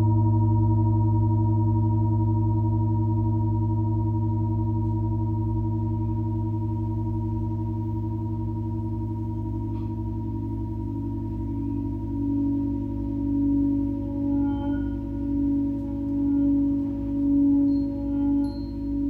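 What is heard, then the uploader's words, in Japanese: A Tibetan singing bowl hums steadily, its deep low tone layered with several sustained higher rings. After about twelve seconds the middle tones swell and waver in a slow, pulsing beat, while faint bright overtones flicker near the end. チベタンシンギングボウルの子守唄。お話しなしのシンギングボウルのみです。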